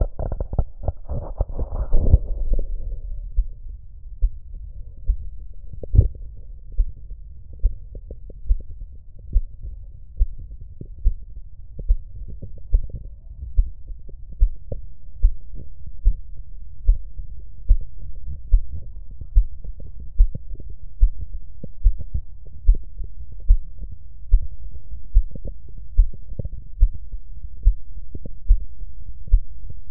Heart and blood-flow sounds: heart sounds by stethoscope; tricuspid valve (TV); normal heart sounds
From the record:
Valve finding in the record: tricuspid regurgitation, grade 1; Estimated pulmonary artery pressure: 40 mmHg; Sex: female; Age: 60 years

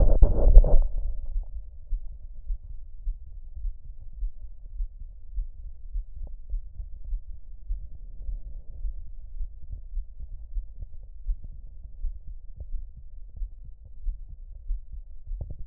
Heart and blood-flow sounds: heart sounds by stethoscope; aortic valve (AV); normal heart sounds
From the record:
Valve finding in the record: normal valve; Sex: male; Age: 56 years

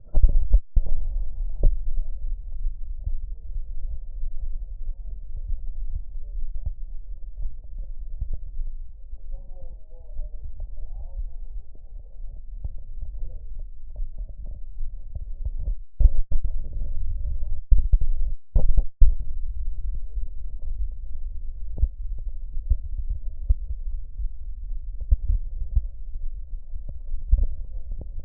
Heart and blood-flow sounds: heart sounds by stethoscope; aortic valve (AV); normal heart sounds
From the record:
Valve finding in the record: aortic regurgitation, grade 1, sclerotic aortic valve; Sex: male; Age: 70 years

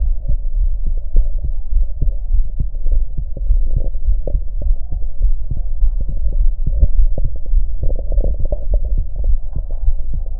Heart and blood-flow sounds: heart sounds by stethoscope; aortic valve (AV); normal heart sounds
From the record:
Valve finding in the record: aortic regurgitation, grade 0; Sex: female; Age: 48 years

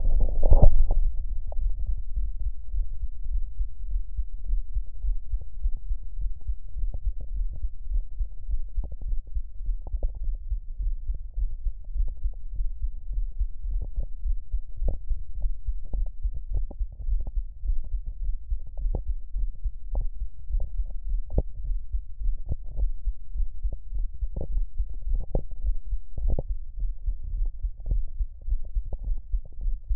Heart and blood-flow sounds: heart sounds by stethoscope; mitral valve (MV); normal heart sounds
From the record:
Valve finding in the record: mitral regurgitation, grade 1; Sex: female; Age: 56 years

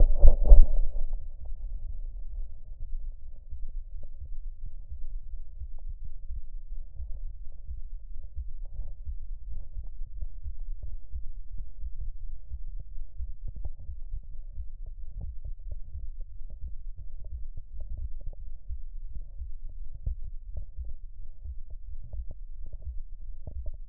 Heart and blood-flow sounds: heart sounds by stethoscope; mitral valve (MV); mitral regurgitation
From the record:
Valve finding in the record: mitral regurgitation, grade 2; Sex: male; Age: 69 years

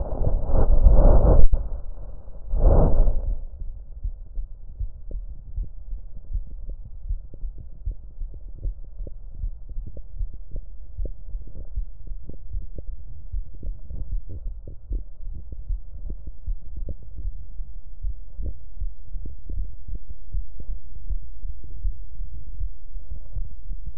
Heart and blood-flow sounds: heart sounds by stethoscope; mitral valve (MV); normal heart sounds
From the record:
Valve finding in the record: mitral regurgitation, grade 1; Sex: female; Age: 80 years

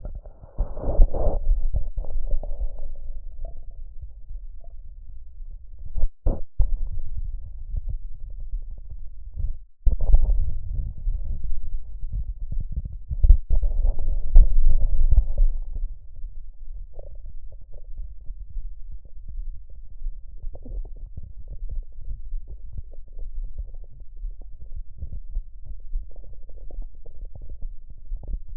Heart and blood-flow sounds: heart sounds by stethoscope; tricuspid valve (TV); normal heart sounds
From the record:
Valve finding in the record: tricuspid regurgitation, grade 1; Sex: male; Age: 73 years

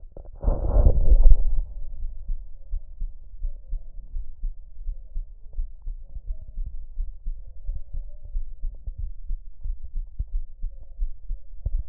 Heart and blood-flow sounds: heart sounds by stethoscope; pulmonary valve (PV); normal heart sounds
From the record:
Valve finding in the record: normal valve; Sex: male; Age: 42 years

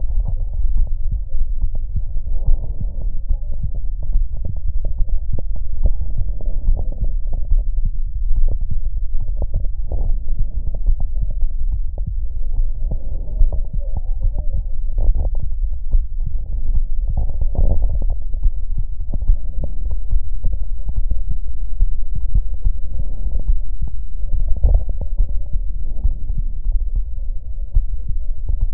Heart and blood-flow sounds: heart sounds by stethoscope; aortic valve (AV); metallic prosthetic valve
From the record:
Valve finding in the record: normal valve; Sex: male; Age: 34 years

